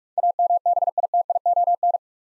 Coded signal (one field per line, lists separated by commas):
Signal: Morse code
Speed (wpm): 46 wpm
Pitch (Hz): 700 Hz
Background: none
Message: AMBITION